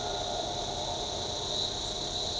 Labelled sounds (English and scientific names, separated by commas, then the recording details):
none
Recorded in shrubland near Pivijay, Magdalena, Colombia, on 18 April 2023 at 08:00
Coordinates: 10.453, -74.365
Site P5-G022